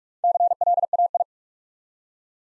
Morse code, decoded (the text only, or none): CLAI